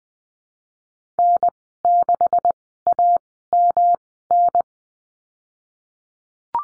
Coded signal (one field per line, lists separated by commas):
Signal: Morse code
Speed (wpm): 20 wpm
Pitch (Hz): 700 Hz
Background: none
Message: N6AMN